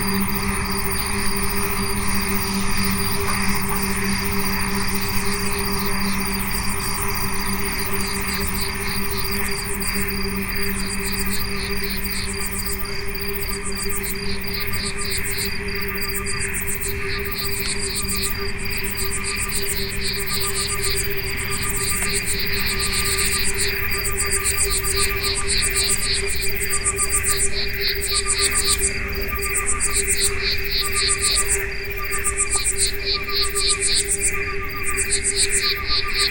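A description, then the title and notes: A field recording from the night of San Juan: a steady low hum with a constant droning tone runs throughout. Over it, rapid, regular high chirping pulses like insects repeat, growing sharper and more distinct after about twenty seconds, while loudness stays even. Field recordings. Night of San Juan.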